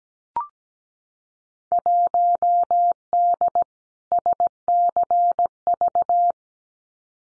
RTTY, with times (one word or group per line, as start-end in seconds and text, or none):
none